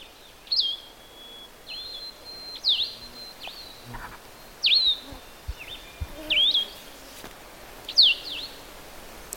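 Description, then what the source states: Vireo song: hard, whistled, slurred phrases that swing down and up, repeated about every two seconds, with light background hiss. Male coniferous-woods vireo singing from a conifer; harder, more whistled songs than red-eyed vireo, with longer spaces between songs, sounding like asking questions.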